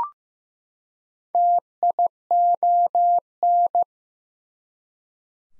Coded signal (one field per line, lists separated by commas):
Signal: Morse code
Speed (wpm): 15 wpm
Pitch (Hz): 700 Hz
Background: none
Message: TION